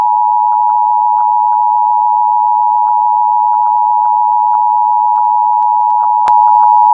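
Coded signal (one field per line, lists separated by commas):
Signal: Emergency Alert System (SAME) tones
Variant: 853 and 960 Hz attention tone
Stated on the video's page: Relays of weather alerts recorded from WJON-IP Weatherscan on MyTuner Radio, with valid EAS tones.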